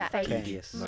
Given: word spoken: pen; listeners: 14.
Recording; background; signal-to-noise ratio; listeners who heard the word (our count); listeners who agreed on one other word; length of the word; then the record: one English word in noise, from a listening test; four-talker babble; -0.8 dB; 0 of 14; 7 of 14; 0.47 s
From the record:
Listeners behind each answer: 7, 2, 1, 1, 1, 1, 1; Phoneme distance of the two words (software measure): 44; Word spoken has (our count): 1 syllable, 3 phonemes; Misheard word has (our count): 2 syllables, 5 phonemes, stress on syllable 1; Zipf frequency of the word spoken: 4.37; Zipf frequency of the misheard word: 3.22